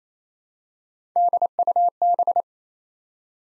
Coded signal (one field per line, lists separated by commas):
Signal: Morse code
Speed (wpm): 27 wpm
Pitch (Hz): 700 Hz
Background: none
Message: DUB